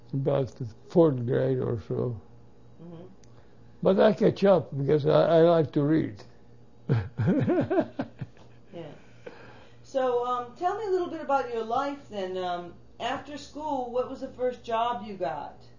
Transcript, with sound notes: about fourth grade or so. But I catch up because I like to read. (he laughs)
So, tell me a little bit about you life then, after school, what was the first job you got?